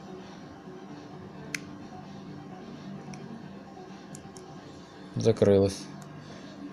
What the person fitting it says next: характерный щелчок включен